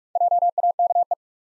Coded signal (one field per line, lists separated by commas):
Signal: Morse code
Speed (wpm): 46 wpm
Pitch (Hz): 700 Hz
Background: none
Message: JAKE